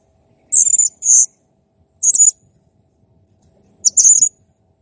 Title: Masteran Burung Serindit Ll Masteran Serindit Gacor Jernih